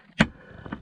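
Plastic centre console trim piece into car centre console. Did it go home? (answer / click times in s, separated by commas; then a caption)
yes / 0.2 s. A plastic centre console trim piece for a Volvo V70/S60 facelift centre console retrofit is lined up with its tabs and pressed into the car's centre console. A sharp click at 0.2 s marks it seating in place, followed by fainter small taps around 0.7 s and a brief sound at the very end. The trim piece is seated and locked.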